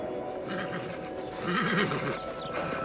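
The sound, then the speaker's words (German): A horse struggling uphill through hip-deep powder snow toward the mountains lets out a loud, quavering whinny that rises and wobbles in pitch midway through, over a steady, continuous background hum. “Annas Pferd quält sich durch hüfthohen Pulverschnee hinauf zu den Bergen.”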